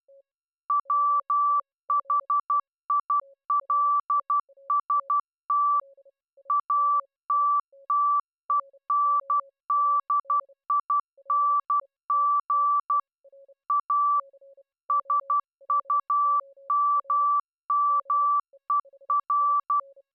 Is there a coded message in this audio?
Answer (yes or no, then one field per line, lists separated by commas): yes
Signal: Morse code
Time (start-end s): 0.7-19.8 s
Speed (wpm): 12 wpm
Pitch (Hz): 1160 Hz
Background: none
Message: WHILST ATTENDING A SUMMER